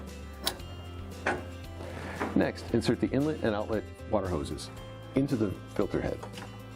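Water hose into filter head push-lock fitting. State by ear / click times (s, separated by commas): not seated / none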